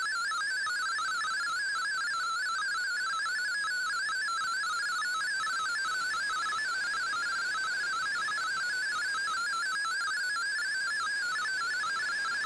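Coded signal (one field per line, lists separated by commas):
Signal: multi-tone FSK (Olivia or MFSK type)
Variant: MFSK32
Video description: Here is my decode of the Shortwave Radiogram broadcast today on 15770Khz shortwave radio at 1300UTC in MFSK32 and 64 with 10 SSTV images.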